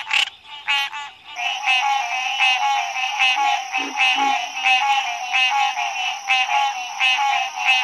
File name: Hyla cinerea - Green Treefrog